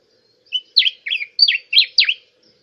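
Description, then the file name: Diuca finch song, a brief phrase of one short whistle followed by five loud, sweet downslurred notes, each sliding steeply from high to middle pitch, delivered quickly. "Canto da diuca"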